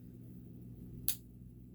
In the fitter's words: a nice metal tube and the lid clicks into place so